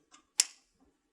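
A compression boot's hose connector is plugged into a pneumatic pump control unit, the RP light. A faint tick at 0.1 s is followed by a sharp, bright click at 0.4 s as the connector seats into the pump, and a few soft low sounds come near 0.8–0.9 s.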